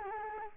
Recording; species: mosquito wingbeat signal from an infrared sensor; Culex quinquefasciatus